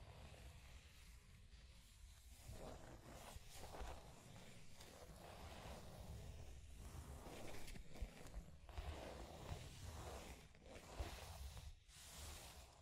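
Scratching and tracing sounds scrape along steadily for the whole stretch, coming in short strokes roughly every second or two. Each stroke is rough and hissy, bright on top with a low rumbling underneath. The level stays fairly even, with a few sharper peaks near 8 and 11 seconds.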